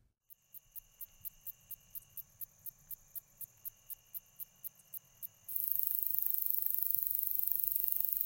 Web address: The Songs of Insects. Slender Meadow Katydid